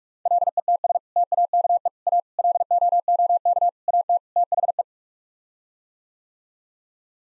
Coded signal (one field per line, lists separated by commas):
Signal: Morse code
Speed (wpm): 46 wpm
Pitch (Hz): 700 Hz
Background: none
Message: LETS TAKE A LOOK AT THE